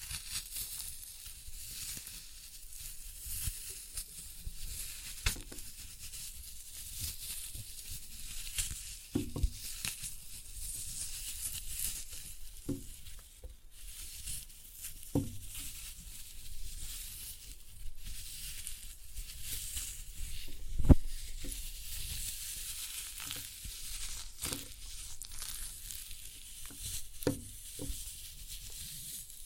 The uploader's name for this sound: Floral Foam Glitter Bomb Crushing